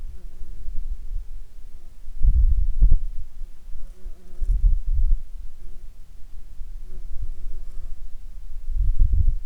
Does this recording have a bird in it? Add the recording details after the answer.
no. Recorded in Ivvavik National Park, Yukon, on 4 July 2019 at 15:12. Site SINP09